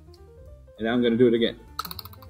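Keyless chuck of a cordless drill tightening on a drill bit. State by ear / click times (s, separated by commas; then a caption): torque reached / 1.8 s, 1.9 s, 2.0 s, 2.1 s. Someone talks, then the keyless chuck of a cordless drill is tightened by hand onto a drill bit. It ratchets with a quick series of sharp clicks at 1.8, 1.85, 1.9, 2.0, 2.05 and 2.1 seconds. The clicking shows the chuck is really tightening down on the bit.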